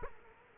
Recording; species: mosquito wingbeat signal from an infrared sensor; Culex quinquefasciatus